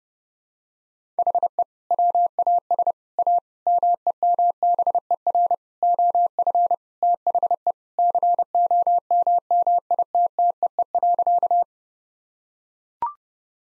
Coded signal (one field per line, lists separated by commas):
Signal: Morse code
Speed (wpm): 30 wpm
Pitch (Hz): 700 Hz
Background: none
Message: HE WAS A MEMBER OF THE COMMITTEE.